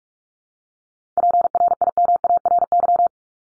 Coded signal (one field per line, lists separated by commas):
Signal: Morse code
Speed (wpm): 44 wpm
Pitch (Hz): 700 Hz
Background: none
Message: PRIMARY